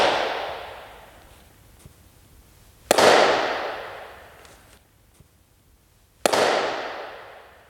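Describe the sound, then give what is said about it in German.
Three single hand claps from the conductor's position in a concert hall of about 12,000 cubic metres, about 20 metres from the organ and 15 from the back wall, spaced roughly three seconds apart, each a sharp crack trailing into a long, smooth, evenly fading reverberation, with no voices. “Und ich versuche es mal anzuregen durch Händeklatschen.”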